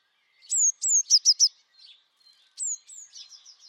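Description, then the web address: Bird giving high, downslurred whistles followed by quick sharp chips, then another pair of whistles trailing into softer high notes. "Deverinetal 2025. Bird Only"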